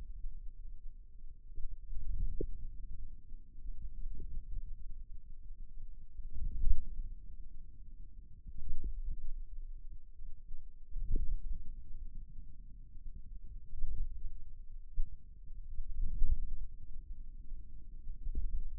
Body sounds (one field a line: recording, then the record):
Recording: forearm muscle sounds (acoustic myography)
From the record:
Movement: hand closing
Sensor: system 2, bracelet of six BSWA MPA416 microphones around the upper forearm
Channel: 3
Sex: male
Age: 22 years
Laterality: right